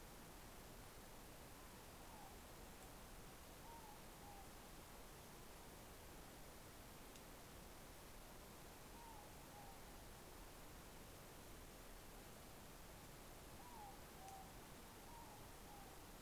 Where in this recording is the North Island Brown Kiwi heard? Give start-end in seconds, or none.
none